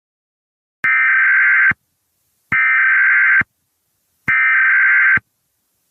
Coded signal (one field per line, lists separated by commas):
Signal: Emergency Alert System (SAME) tones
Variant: header bursts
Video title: EAS Scenario #14 Alien Attack